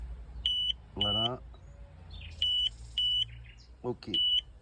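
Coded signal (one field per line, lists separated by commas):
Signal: none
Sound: an antenna analyzer's beeps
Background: speech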